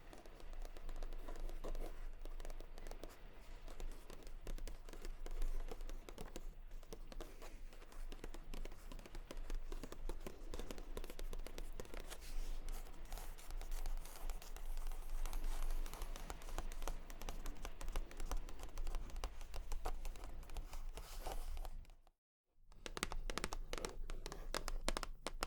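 Rapid, dense tapping runs almost nonstop, a busy clatter of small knocks with a steady low hum underneath. The level stays fairly even throughout, with a brief dip near six seconds and a full drop to silence around twenty-two seconds before the tapping resumes.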